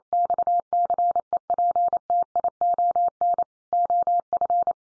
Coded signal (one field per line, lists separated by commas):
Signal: Morse code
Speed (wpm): 28 wpm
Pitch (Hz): 700 Hz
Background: none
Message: XCEPTION OF